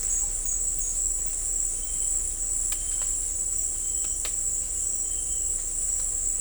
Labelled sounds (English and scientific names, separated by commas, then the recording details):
none
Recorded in dense forest near Puerto Asís, Putumayo, Colombia, on 18 December 2024 at 17:30
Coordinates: 0.500, -76.322
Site G053